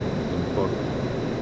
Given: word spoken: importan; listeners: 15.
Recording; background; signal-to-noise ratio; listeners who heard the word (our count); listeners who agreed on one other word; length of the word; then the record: one Spanish word in noise, from a listening test; speech-shaped noise; -4.5 dB; 0 of 15; 7 of 15; 1.02 s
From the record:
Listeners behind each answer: 7, 2, 1, 1, 1, 1, 1, 1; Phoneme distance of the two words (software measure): 7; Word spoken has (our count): 3 syllables, 8 phonemes, stress on syllable 2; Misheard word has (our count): 3 syllables, 7 phonemes, stress on syllable 2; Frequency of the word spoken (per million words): 4.16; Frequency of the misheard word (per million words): 55.87